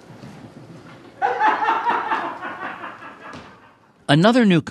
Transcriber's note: soundbite of laughter